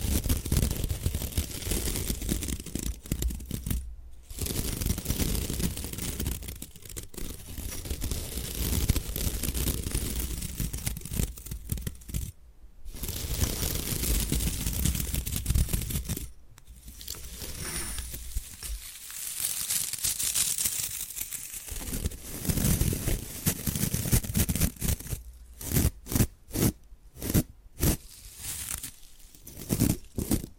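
Scratching and brushing on bamboo fill most of the recording, a dense, rough, scraping texture with a low rumble underneath. Short silences break it near 4, 12.5 and 16.5 seconds, and the last few seconds turn into quick separate taps.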